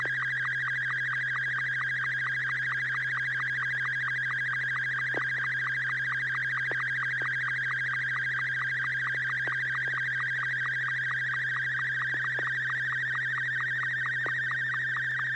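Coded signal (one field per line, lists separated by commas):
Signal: SSTV (slow-scan television)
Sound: warbling scanning tone with steady rapid clicking sync pulses, occasional brief falling chirps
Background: low electrical hum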